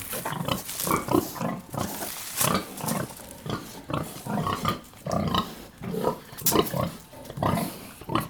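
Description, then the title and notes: Pig grunting, rough low pulses in quick succession mixed with higher squeaky notes. Black sow nursing her six piglets at Cascina Pasque' farm, Besnate, Italy, 11 December 2018. "Besnate - Cascina Pasque' - 20181211-Un maiale nero con i suoi sei maialini in atto di allattamento"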